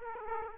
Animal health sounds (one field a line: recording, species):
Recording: mosquito wingbeat signal from an infrared sensor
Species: Aedes aegypti